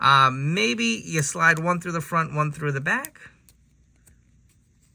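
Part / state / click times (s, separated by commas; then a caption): plastic accessory piece into figure accessory assembly / not seated / none. A plastic accessory piece is tried through the front and another through the back of a figure accessory assembly, but the piece fails to fit and nothing has seated or clicked. Someone talks for about three seconds, then a few faint, brief taps follow near 3.5 and 4.0 seconds over near silence.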